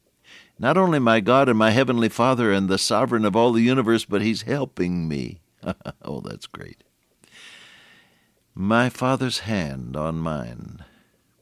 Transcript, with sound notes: Not only my God and my heavenly Father, and the sovereign of all the universe but He’s helping me. [chuckle] Oh, that’s great. My Father’s hand on mine.